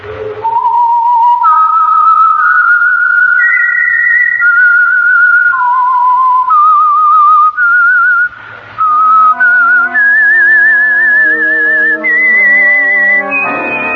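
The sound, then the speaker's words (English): A lone whistler carries a slow, haunting tune of long held notes that climb and dip, the signature theme of a Sunday evening radio program, then sustained instrumental chords join beneath for the last few seconds while the whistled melody wavers on. “the signal to listen for is this whistle that identifies the Signal Oil Program, The Whistler”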